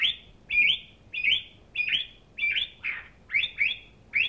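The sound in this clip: Thrush giving a steady run of short, bright notes, with a harsher one mixed in.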